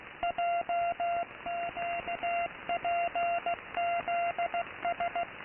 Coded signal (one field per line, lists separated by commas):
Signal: Morse code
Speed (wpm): 16 wpm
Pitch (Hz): 690 Hz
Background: radio noise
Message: JQPZS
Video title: Unknown r/st on the freq.of 15750 kHz with a greeting in Morse code : WELCOME TO THE GRID OF MORSE.